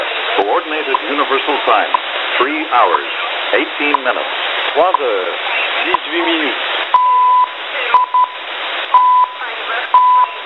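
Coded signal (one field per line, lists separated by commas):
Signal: numbers station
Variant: E11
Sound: a voice speaking over radio noise, then 1 kHz time ticks about once a second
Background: radio static, time signal ticks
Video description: I tuned into 7850 kHz in order to catch the Polish E11 number station and discovered that it was transmitting on the same frequency as the Canadian Time Signal.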